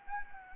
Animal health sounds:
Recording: mosquito wingbeat signal from an infrared sensor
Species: Anopheles gambiae

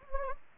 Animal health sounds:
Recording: mosquito wingbeat signal from an infrared sensor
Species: Anopheles gambiae

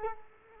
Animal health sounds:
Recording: mosquito wingbeat signal from an infrared sensor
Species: Culex quinquefasciatus

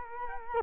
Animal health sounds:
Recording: mosquito wingbeat signal from an infrared sensor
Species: Culex quinquefasciatus

